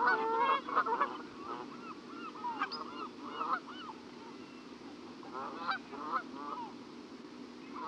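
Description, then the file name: Canada goose: canada geese honking, a loud burst at the start, then quieter scattered honks and short bursts over a steady background hiss. "Canada Geese (Branta canadensis)"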